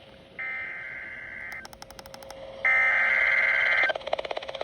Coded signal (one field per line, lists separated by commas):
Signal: Emergency Alert System (SAME) tones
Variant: header bursts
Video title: What a way to start off July - EAS Alerts From 07/01/21 - EAS 262-288